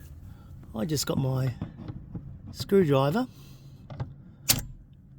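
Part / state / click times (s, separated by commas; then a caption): rear seat folding latch mechanism in a car / released / 4.5 s. Someone talks while tapping the jammed metal latch mechanism of a folded-down rear seat in a Toyota Kluger or Highlander, stuck in the folded position, with a screwdriver. A sharp click at 4.5 s marks the latch releasing, unlocking the seat mechanism.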